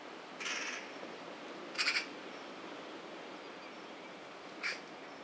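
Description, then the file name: Eurasian magpie uttering a few brief harsh rattles spaced apart, fairly faint over a steady background hiss. "Pica pica"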